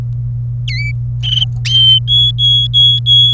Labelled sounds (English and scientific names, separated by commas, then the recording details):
Domestic Canary (Serinus canaria) song
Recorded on 27 April 2018 at 14:40
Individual llb3